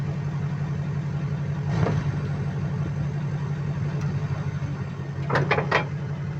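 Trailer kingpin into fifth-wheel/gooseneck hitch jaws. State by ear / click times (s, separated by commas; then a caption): not seated / none. A Chevy Silverado 2500 HD Duramax LBZ idles with a steady low engine hum after backing under a Bighorn RV trailer's kingpin for a tug test on the first attempt. A muffled thump comes near 1.8 s, then a sharp thud at 5.3 s with quick knocks after it. The kingpin has not clicked into the fifth-wheel/gooseneck hitch jaws; the jaws fail to latch, and the lowered landing gear keeps the trailer from dropping onto the truck bed.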